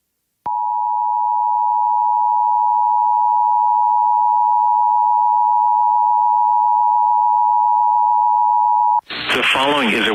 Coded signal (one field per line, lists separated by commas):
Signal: Emergency Alert System (SAME) tones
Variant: 853 and 960 Hz attention tone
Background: speech